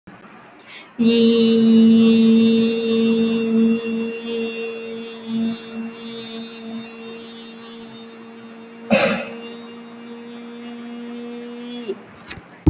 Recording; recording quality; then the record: sustained vowel as in beet; excellent, no background noise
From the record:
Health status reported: healthy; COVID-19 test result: negative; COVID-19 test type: RT-PCR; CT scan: not taken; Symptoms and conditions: none ticked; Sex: female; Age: 23 years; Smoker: no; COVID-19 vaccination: one dose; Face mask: worn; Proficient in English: yes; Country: India